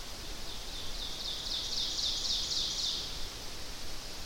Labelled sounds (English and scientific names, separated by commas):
Ovenbird (Seiurus aurocapilla) song